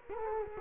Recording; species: mosquito wingbeat signal from an infrared sensor; Culex quinquefasciatus